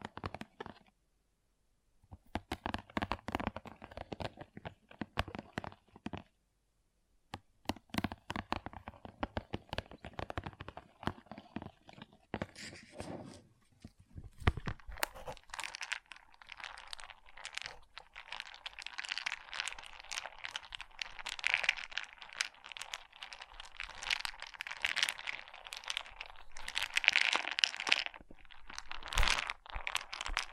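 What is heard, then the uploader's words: Pixel art beads are sifted and rattled, making dense clusters of small clicks and crinkly rustles. The first half is broken into short bursts with silent gaps, then from about fifteen seconds the pouring becomes continuous and brighter, with faint occasional sharp tinks. ASMR Relaxing Pixel Art Beads ( No Talking).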